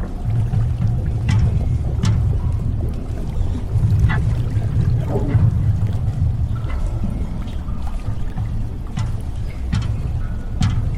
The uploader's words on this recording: Warning!! you are in the damaged underwater lab. Sci-fi ambience.